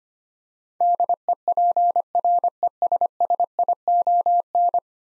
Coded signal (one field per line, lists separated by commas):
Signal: Morse code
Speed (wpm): 25 wpm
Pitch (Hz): 700 Hz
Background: none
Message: DEPRESSION